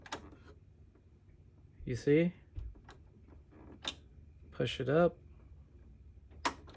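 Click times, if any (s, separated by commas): 6.5 s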